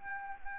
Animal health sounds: mosquito wingbeat signal from an infrared sensor; Anopheles gambiae

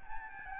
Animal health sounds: mosquito wingbeat signal from an infrared sensor; Aedes albopictus

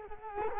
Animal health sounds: mosquito wingbeat signal from an infrared sensor; Culex quinquefasciatus

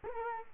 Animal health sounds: mosquito wingbeat signal from an infrared sensor; Culex quinquefasciatus

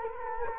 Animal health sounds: mosquito wingbeat signal from an infrared sensor; Culex quinquefasciatus

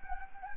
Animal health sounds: mosquito wingbeat signal from an infrared sensor; Anopheles gambiae

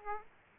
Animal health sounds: mosquito wingbeat signal from an infrared sensor; Aedes aegypti

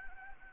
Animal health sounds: mosquito wingbeat signal from an infrared sensor; Anopheles arabiensis

